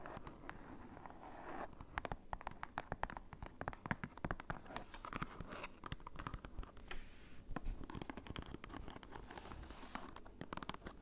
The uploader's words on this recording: ASMR Cardboard Taps! (No Talking).